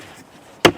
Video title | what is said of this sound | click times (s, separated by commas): Fitting A Spare Wheel Kit To An MG4 Part 1 | That's where my thumb is, so when it's out it clicks in place. | 0.6 s